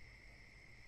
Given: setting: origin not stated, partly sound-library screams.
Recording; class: one-second piece from a danger detection set; normal situation